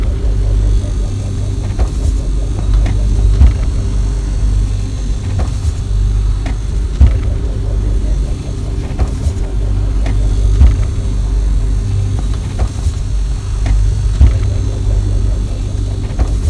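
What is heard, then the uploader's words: A fridge hums steadily with a heavy low drone that stays constant throughout. Faint higher whine lines sit above it, and small clicks and knocks break through every second or two, with a few sharper taps near the middle and end. Recording my frigo whit iphone, filtered whit some delay & reverb...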